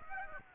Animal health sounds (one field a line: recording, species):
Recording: mosquito wingbeat signal from an infrared sensor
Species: Aedes aegypti